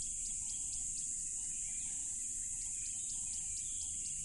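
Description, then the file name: Shrill cricket trill with quick repeated chirps over a steady insect drone. Loud crickets beside a tropical river. "smartsound ATMO NATURE Tropical River Loud Crickets"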